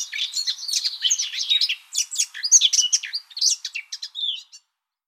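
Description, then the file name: Eurasian blackcap warbling song, a hurried sequence of chattering and whistled notes that ends with a brief clear phrase and then silence. "Sylvia atricapilla"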